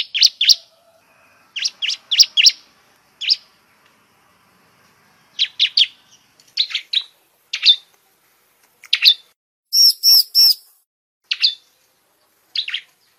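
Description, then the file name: Bar-winged prinia calls: scattered short chirps, singly and in groups of up to four, with pauses, plus one brief high buzzy burst near ten seconds. Call used as a lure to attract birds. "suara pikat burung ciblek"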